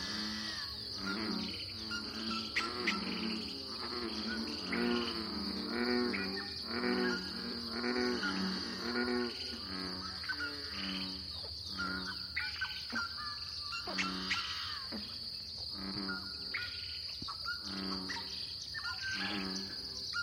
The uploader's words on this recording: This lively dawn chorus was recorded in a small pothole coulee in Eastern Washington, one of the numerous Seep Lakes of the Channeled Scablands. This is the Columbia Plateau, a large basalt flow cut through by the Columbia River. This is a true Dawn chorus.